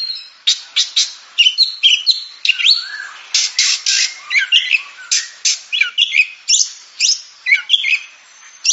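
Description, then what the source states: Oriental magpie-robin song, a rapid run of harsh buzzy bursts mixed with sharp whistled slurs and short trills, delivered in quick repeated phrases. Champion songbird.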